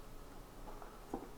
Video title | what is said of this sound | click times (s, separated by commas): Honda CBR 1000RR Front Fender Replacement | I just tighten it down until my torque wrench clicks so | 1.1 s